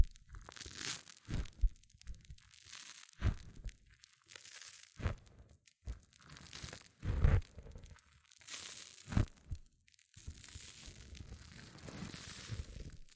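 Hair mousse fizzes and crackles in a dense, bright hiss that rises and falls throughout. Sharp low thumps and crunchy squishes break in every second or two, strongest near seven seconds, while a softer crinkling fizz carries on between them.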